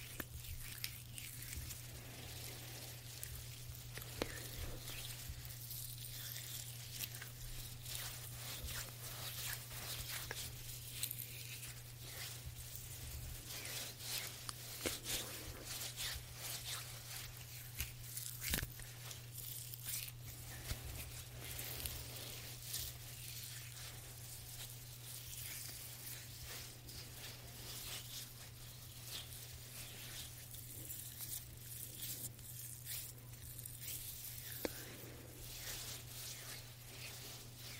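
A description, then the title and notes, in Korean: Quiet hand massage, with soft continuous rubbing and brushing textures, a steady low hum underneath, and occasional faint taps near 18 and 35 seconds. 말없이 부드러운 손 마사지 소리.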